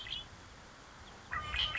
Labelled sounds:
Red-winged Blackbird
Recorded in Sonoma County, California

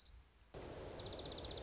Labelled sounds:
Dark-eyed Junco
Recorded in Sonoma County, California

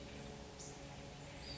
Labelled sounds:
Western Flycatcher
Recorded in Sonoma County, California

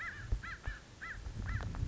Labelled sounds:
American Crow
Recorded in Sonoma County, California

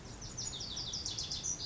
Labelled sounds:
Lazuli Bunting
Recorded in Sonoma County, California

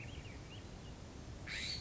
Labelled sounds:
California Scrub-Jay
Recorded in Sonoma County, California

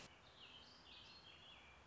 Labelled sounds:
Warbling Vireo
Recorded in Sonoma County, California

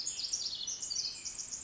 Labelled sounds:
Pacific Wren
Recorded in Sonoma County, California

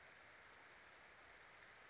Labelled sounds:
Western Flycatcher
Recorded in Sonoma County, California

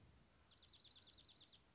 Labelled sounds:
Dark-eyed Junco
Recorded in Sonoma County, California

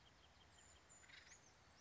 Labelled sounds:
Acorn Woodpecker
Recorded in Sonoma County, California

